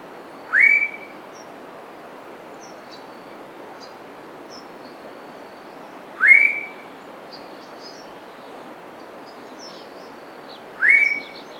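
Black pitohui: three sharply rising whistled notes, about five seconds apart.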